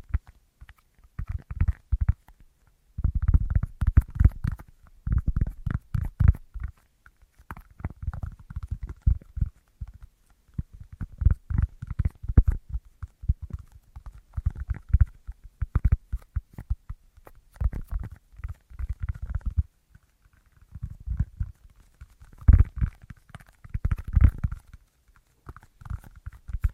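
A run of irregular tapping, dense clusters of quick, dull knocks with mostly low, thumping weight and a lighter clicky edge above. Bursts come and go through the whole stretch with short gaps of quiet, busiest around the fourth, fifteenth and twenty-fourth seconds.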